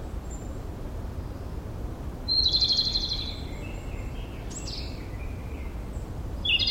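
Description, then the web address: Japanese robin singing a single rapid, high trilled phrase lasting about a second, followed by softer notes, over steady low rumbling background noise. Recorded on 16 April 2012. "abarazemi Japanese Robin"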